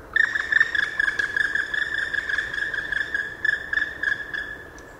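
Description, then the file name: Black woodpecker giving a long, fast run of ringing notes, loudest at the start and fading toward the end. Recorded on 6 December 2014 in a park garden in Landshut. "Schwarzspecht 06 12 2014 Hofgarten Landshut LA Susanne Rieck"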